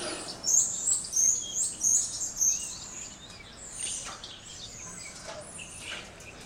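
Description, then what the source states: Birds chirping: a run of short, very high chirps repeated rapidly for about two seconds, then softer scattered twitters. Birds in a tree.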